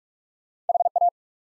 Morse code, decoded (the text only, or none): HA